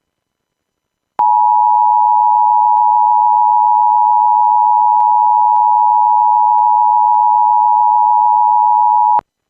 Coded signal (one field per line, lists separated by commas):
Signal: Emergency Alert System (SAME) tones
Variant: 853 and 960 Hz attention tone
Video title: Blue Alert/Weekly test (EAS 1-2) (first Eas video) (please read the description for an update)